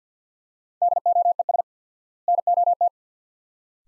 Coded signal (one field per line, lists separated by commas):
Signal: Morse code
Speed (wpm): 50 wpm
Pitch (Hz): 700 Hz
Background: none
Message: DOES NOT